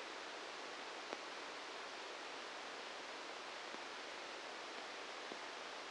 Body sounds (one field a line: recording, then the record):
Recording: brain microelectrode recording played as sound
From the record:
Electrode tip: outside the subthalamic nucleus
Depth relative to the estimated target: -4 mm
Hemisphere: right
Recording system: NeuroSet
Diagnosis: Parkinson's disease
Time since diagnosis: 13 years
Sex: male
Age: 63 years